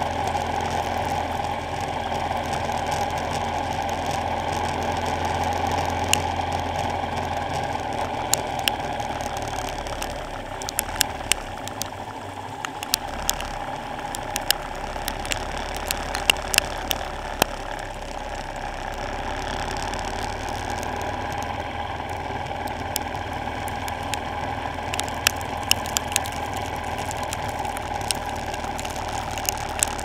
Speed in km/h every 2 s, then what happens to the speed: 45, 47, 48, 45, 34, 26, 29, 31, 29, 32, 37, 35, 34, 32, 31.
3-10 slows to 26. 10-16 steady at about 29. 16-19 speeds up to 37.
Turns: 8-15, 15-24.